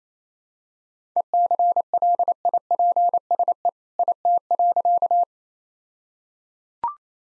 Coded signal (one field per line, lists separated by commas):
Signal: Morse code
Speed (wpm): 27 wpm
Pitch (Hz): 700 Hz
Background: none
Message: ECLIPSE IT.